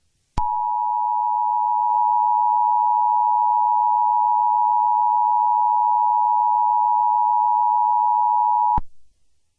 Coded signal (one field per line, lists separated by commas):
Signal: Emergency Alert System (SAME) tones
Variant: 853 and 960 Hz attention tone